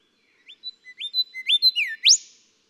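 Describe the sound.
Golden whistler song: a quickening series of rising whistled notes climbing in loudness to a final sharp upward whip.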